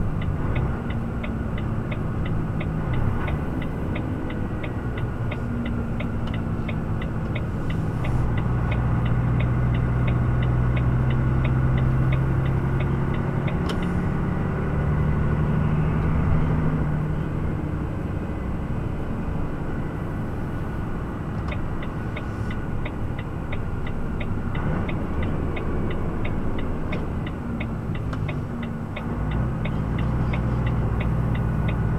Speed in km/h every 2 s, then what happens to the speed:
25, 24, 21, 21, 22, 22, 23, 25, 24, 25, 23, 22, 20, 13, 12, 13.
0-23 steady at about 23. 23-26 slows to 13. 26-32 steady at about 13.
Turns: 3-10, 25-32.